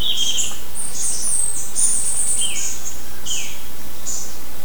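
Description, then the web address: Bird calls: clustered high chirps early on, then several short downward-slurred notes, all set against a persistent hissing background. "BIRD 2015 SABIOD"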